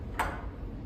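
A metal jump board bar is set back onto a Peak Pilates Artistry TWS reformer, where it locks into the three notches on the reformer frame. A single sharp metallic tick sounds at 0.2 s over a low background hum as the bar seats into place.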